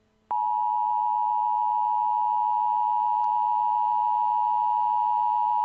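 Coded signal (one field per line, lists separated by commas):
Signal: Emergency Alert System (SAME) tones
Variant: 853 and 960 Hz attention tone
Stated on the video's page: Fictional mock alert for a place in Rigs of Rods, made with Audacity and EAS Creator 2.0.2.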